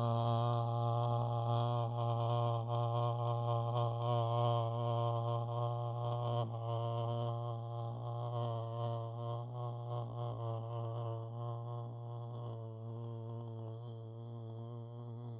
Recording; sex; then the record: sustained vowel /a/; male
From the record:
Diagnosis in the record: Parkinson's disease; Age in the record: 68 years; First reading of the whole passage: 85 s, 6.1 characters per second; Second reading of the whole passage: 63 s, 8.2 characters per second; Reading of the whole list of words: 49 s, 5.8 characters per second